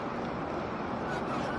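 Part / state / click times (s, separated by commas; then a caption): plastic lens/cover piece into van wing mirror housing / not seated / none. The top plastic lens/cover piece of a Ford Transit Mk8 van wing mirror is slid rearwards so it slots into the plastic mirror housing, lining it up before it is pushed home. Only a steady, even broadband rustle and hum is heard throughout, with no sharp transients. Nothing has seated or clicked yet.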